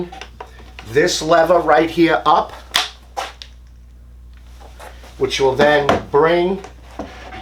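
Someone talks while handling the plunge lock lever on a Milwaukee 2831-20 cordless track saw, lifting it so the plunge housing can be brought down to lock in the blade-changing position. Between the speech there are a few short, sharp mechanical handling clacks and a low steady hum. Nothing has seated or locked yet.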